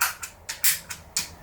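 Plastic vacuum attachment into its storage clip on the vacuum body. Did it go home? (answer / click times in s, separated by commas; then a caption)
yes / 0.0 s, 1.2 s. A plastic attachment is pushed into its storage clip on the side of a Ryobi One+ 18V cordless wet/dry vacuum, and it clamps on better than the clip on the other side. Sharp plastic clicks are heard at 0.0 and 1.2 seconds, with a few lighter ticks in between. The attachment is seated in its holder.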